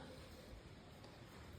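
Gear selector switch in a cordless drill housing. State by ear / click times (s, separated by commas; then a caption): not seated / none. Someone works the speed/gear selector switch in a cordless drill housing, which fails to stay seated and springs forward by itself. Only a steady, low broadband background noise is heard, with no sharp sounds. Nothing has seated or clicked in this clip.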